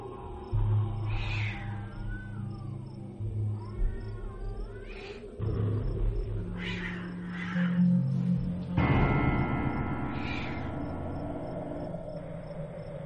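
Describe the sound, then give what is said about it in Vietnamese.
A cat yowls shrilly in several drawn-out, wavering cries, rising and falling in pitch over a steady low hum, with a harsher, louder stretch near the end. “Tiếng con mèo kêu thất thanh mang theo một âm điệu rợn người.”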